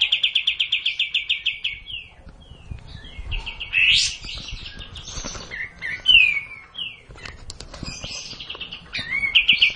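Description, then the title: Hill blue flycatcher song opening with a long rapid trill of identical notes, followed by scattered whistles, rising sweeps and another trill at the end. Song delivered in the kapas tembak song style. "cililin kapas tembak"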